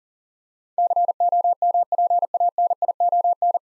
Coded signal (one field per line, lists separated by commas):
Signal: Morse code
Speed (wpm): 39 wpm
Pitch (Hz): 700 Hz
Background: none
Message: COMPANION